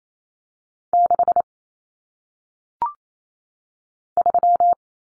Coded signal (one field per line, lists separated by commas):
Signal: Morse code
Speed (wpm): 28 wpm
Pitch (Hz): 700 Hz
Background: none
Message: 6 3